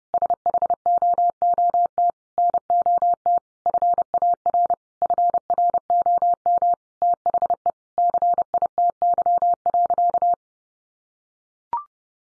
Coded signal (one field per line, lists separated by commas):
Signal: Morse code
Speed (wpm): 30 wpm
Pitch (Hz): 700 Hz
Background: none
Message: SHOOT NOT FAR FROM THE CITY.